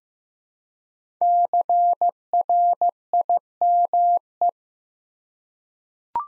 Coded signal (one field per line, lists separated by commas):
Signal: Morse code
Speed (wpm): 15 wpm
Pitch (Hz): 700 Hz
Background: none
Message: CRIME